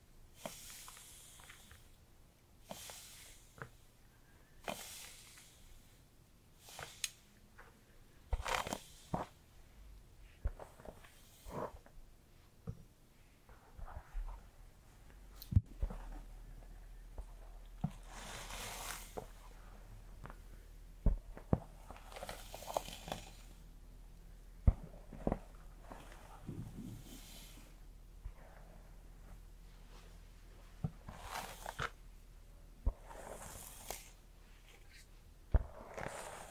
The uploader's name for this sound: Hairplay Brushing, Scalp Massage, Haircut